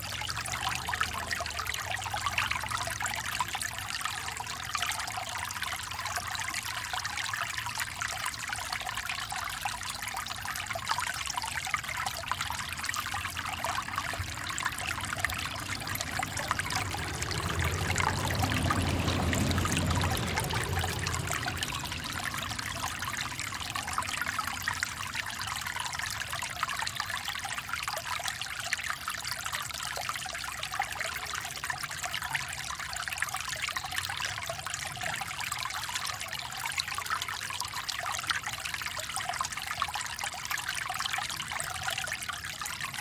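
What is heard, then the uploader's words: A small babbling brook runs under a wooden bridge, its bright, dense trickling and splashing steady throughout. Around the middle, a low rumble of a passing vehicle or plane swells, peaks near twenty seconds, then fades away. Babbling Brook in the Park. There were so many great sounds including this little babbling brook under a wooden bridge. Recorder: Zoom H6 Mic: XYH-6 X/Y Capsule 120 Degrees.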